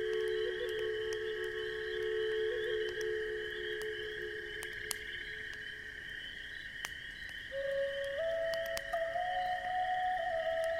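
A breathy flute holds long, low notes for the first seven seconds, then rises to a higher note that steps up once more and sustains to the end. Sharp crackles and pops from a campfire sound throughout over a soft, steady rumble.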